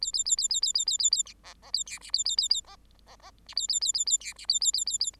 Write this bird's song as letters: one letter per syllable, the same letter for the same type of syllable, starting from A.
A A A A A A A A A A B C C A D B A A A A C C C B A A A A A D B A A A A A